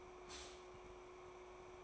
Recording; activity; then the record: daily activity, microphone in the room; stop toaster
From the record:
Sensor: 1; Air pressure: 1004.3 hPa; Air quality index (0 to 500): 200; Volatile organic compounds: 19 ppm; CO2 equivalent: 2646 ppm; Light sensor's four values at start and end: 5/13/4/5 and 5/13/4/5